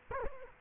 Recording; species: mosquito wingbeat signal from an infrared sensor; Culex quinquefasciatus